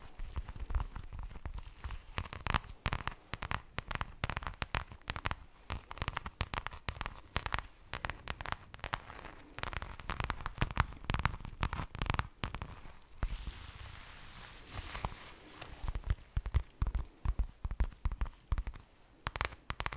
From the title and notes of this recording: ASMR Slow Tapping. In dieser Folge tappe ich auf mehr als 10 unterschiedlichen Gegenständen.